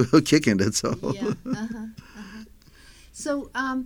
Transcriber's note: he laughs